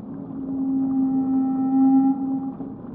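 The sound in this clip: Whale call, a long steady tonal moan held for most, with faint higher overtones.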